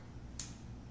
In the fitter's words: once I hear that click it's locked in it's not going to go anywhere